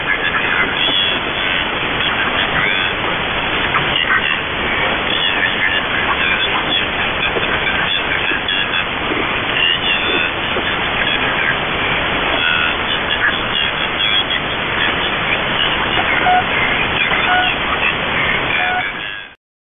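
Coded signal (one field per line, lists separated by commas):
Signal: channel marker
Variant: The Pip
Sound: short, evenly repeated pips about once a second, buried in loud hissing static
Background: radio static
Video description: "The Pip" is a Russian military radiostation that broadcasts on 5448 kHz at daytie and 3756 kHz at nighttime.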